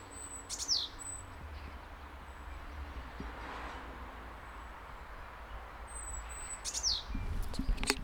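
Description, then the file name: Tit calls: two quick high downslurred notes several seconds apart with thin high whistles between them, set against a continuous low traffic-like rumble. "Sikora"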